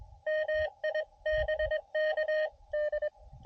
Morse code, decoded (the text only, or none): MI BK D